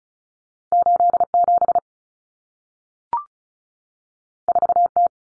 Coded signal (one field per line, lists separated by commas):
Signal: Morse code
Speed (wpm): 36 wpm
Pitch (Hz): 700 Hz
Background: none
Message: 87 4T